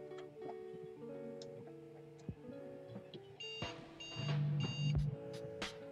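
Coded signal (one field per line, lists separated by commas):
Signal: beep code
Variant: ASUS motherboard POST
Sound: three short high beeps, evenly spaced, over background music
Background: background music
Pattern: 3 short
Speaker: Three beeps on an orange light.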